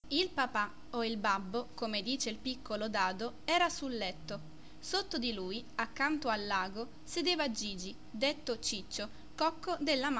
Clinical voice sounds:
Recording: read passage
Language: Italian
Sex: female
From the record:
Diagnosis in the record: healthy control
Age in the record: 20 years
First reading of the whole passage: 47 s, 11.1 characters per second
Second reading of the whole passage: 49 s, 10.5 characters per second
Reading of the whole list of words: 45 s, 6.2 characters per second

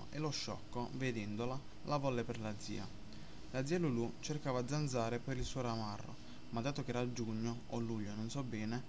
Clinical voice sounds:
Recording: read passage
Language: Italian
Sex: male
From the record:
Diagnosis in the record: healthy control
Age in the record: 20 years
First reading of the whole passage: 46 s, 11.2 characters per second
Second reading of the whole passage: 43 s, 12.0 characters per second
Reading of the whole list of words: 38 s, 7.5 characters per second

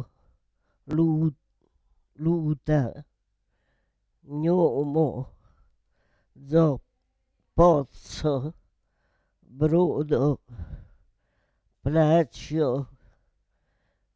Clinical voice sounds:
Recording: read list of words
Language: Italian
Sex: female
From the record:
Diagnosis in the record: Parkinson's disease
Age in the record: 78 years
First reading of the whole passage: 164 s, 3.2 characters per second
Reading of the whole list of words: 108 s, 2.6 characters per second

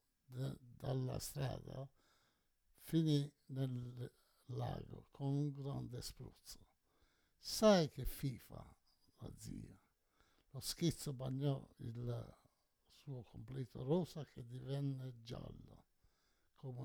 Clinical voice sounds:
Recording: read passage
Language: Italian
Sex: male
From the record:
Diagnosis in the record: Parkinson's disease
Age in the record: 68 years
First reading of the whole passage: 84 s, 6.2 characters per second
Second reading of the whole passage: 63 s, 8.2 characters per second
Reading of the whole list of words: 57 s, 5.0 characters per second

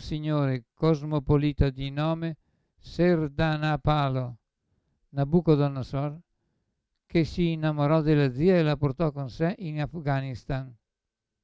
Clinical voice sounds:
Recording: read passage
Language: Italian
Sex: male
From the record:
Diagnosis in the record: Parkinson's disease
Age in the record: 75 years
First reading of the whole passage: 62 s, 8.3 characters per second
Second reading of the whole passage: 57 s, 9.2 characters per second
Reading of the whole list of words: 53 s, 5.3 characters per second

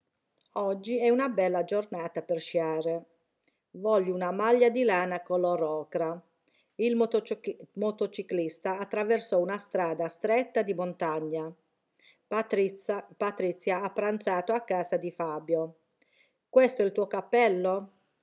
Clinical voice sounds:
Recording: read phrases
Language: Italian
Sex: female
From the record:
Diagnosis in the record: healthy control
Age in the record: 61 years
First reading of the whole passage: 59 s, 8.5 characters per second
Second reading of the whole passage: 54 s, 7.6 characters per second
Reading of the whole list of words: 57 s, 4.9 characters per second

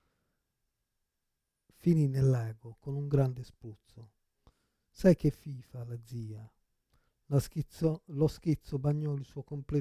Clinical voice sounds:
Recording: read passage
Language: Italian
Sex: male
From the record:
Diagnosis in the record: Parkinson's disease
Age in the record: 56 years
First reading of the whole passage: 87 s, 6.0 characters per second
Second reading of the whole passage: 67 s, 7.8 characters per second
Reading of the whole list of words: 59 s, 4.8 characters per second

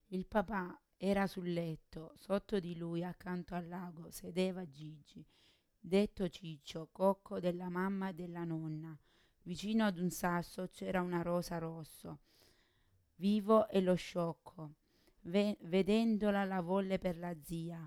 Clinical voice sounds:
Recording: read passage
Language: Italian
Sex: female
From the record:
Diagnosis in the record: Parkinson's disease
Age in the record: 40 years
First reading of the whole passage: 61 s, 7.8 characters per second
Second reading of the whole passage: 52 s, 9.9 characters per second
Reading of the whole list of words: 55 s, 5.1 characters per second

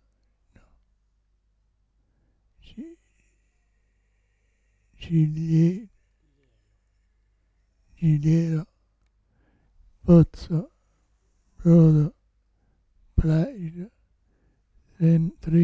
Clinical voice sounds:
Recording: read list of words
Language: Italian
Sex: male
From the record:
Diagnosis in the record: Parkinson's disease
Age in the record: 65 years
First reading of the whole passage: 164 s, 3.2 characters per second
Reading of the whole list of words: 151 s, 1.9 characters per second

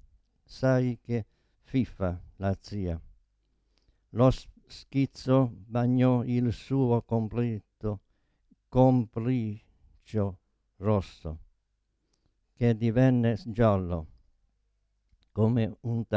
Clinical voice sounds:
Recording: read passage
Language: Italian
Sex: male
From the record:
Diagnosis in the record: Parkinson's disease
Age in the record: 72 years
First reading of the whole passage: 118 s, 4.4 characters per second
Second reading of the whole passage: 99 s, 5.2 characters per second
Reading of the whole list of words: 88 s, 3.2 characters per second

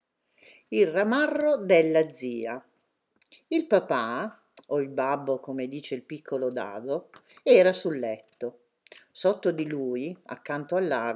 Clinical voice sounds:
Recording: read passage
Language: Italian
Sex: female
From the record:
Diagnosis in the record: healthy control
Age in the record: 69 years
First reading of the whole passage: 64 s, 7.9 characters per second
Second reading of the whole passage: 54 s, 9.5 characters per second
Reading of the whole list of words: 33 s, 8.4 characters per second

